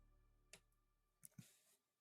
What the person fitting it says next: Once we hear it click, we know we're good.